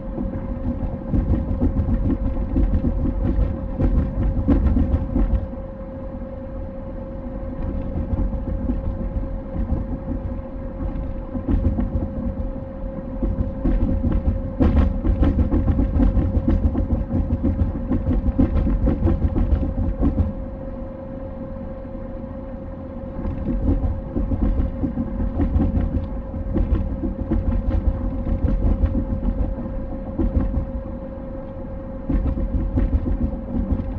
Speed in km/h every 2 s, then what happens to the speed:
68, 68, 68, 68, 68, 68, 68, 68, 68, 68, 68, 68, 68, 68, 68, 68, 68.
0-34 steady at about 68.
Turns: none.